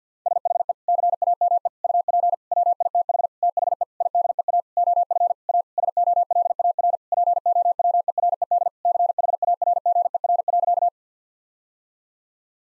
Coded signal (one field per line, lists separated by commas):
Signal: Morse code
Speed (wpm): 50 wpm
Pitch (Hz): 700 Hz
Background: none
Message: SHE CAME UP WITH THE IDEA OF A SOLAR POWERED CHARGER.